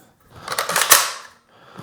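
The charging handle of an airsoft AR-style rifle is pulled, releasing the spring-loaded ejection port dust cover on the upper receiver. A quick run of sharp plastic-sounding clicks and rattles builds to a loudest snap at 0.9 s as the dust cover pops open, followed by a faint handling noise near the end.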